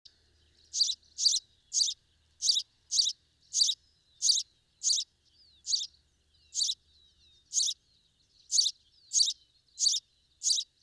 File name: Passer domesticus